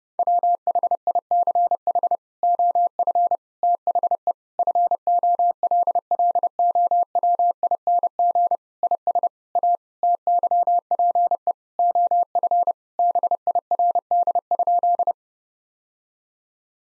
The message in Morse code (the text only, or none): WHICH OF THE FOLLOWING IS A TYPE OF BIRD?